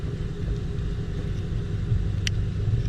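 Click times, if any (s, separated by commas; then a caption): 2.3 s. The wiring connector is pushed onto a new blower motor resistor installed under the dash of a Kia Optima or Hyundai Sonata, over a steady low rumble. A single sharp click at 2.3 s shows the connector has seated, so the car can be started.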